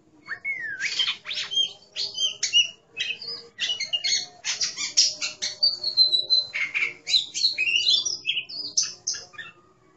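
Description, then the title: Oriental magpie-robin giving a fast, varied song of sharp chips, a sliding whistle and a long held note amid rapid chatter. "Kacer5"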